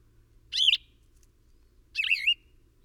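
Bird uttering two rich warbling chirps about one and a half seconds apart, with a faint low hum underneath.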